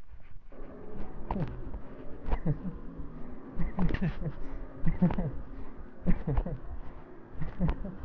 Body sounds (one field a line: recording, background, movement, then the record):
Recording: laughter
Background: traffic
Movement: walking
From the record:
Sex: male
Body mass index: 20.5 kg/m2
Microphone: on the chest, facing the body